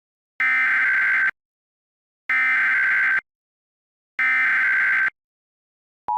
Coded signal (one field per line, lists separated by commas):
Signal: Emergency Alert System (SAME) tones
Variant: header bursts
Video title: Supernova: An EAS Scenario (Collaboration with EAS Forsaken)